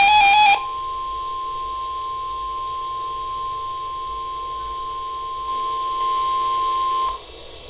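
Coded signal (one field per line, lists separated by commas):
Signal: Emergency Alert System (SAME) tones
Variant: 1050 Hz attention tone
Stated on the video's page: Fictional EAS scenario alert, not a real broadcast.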